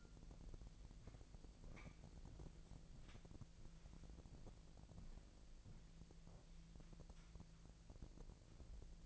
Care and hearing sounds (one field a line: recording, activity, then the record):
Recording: daily activity, microphone in the room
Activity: walk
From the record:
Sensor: 5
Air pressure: 1002.2 hPa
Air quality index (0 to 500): 235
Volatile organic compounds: 25 ppm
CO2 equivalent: 2825 ppm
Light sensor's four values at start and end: 31/74/31/33 and 31/74/31/33